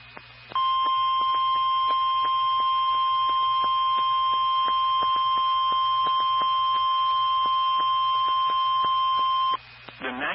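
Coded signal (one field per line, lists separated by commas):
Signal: Emergency Alert System (SAME) tones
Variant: 1050 Hz attention tone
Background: speech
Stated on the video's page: SAME tones on NOAA Weather Radio transmitters for severe thunderstorm, tornado and flood watches and warnings.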